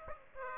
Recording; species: mosquito wingbeat signal from an infrared sensor; Aedes aegypti